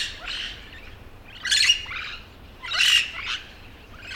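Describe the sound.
Yellow-shouldered parrot squawking harsh, buzzy calls in clusters, each loud screech trailed by shorter rasping notes.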